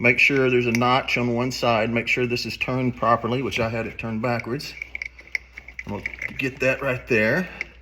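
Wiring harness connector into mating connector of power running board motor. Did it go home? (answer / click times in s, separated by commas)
no / none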